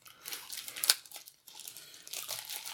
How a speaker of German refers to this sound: Man braucht noch zwei W6, die farblich unterschiedlich sind. Und ich würde sagen, wir würfeln mal beide ein Ergebnis aus.